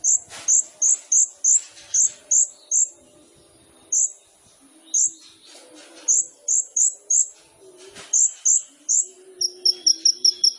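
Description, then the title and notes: Sunbird calls: short sharp high chips repeated irregularly, sometimes in quick runs of four or five, with faint lower chatter behind. Kolibri ninja sunbird in vigorous (gacor) song, full of isian fill-ins and tembakan bursts, meant to prompt other birds (pancingan). "MASTERAN KOLIBRI NINJA FULL ISIAN DAN TEMBAKAN COCOK BUAT PANCINGAN. Suara Burung Kolibri Ninja Gacor"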